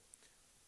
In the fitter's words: they just click in place